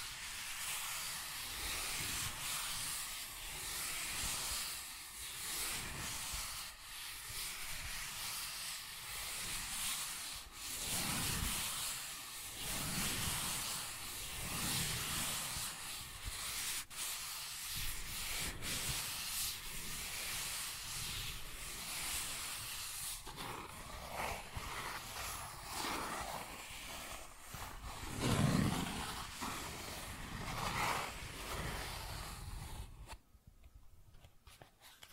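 Cardboard being scratched and rubbed, a dense, fairly steady scraping with rough swells and brief strokes every second or two. Texture stays gritty and bright throughout, with a louder tearing burst near 28 seconds before the sound cuts off around 33 seconds.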